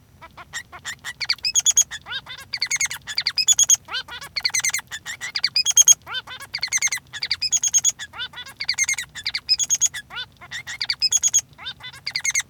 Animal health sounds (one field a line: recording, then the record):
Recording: song of a male Bengalese finch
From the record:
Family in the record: son of father 3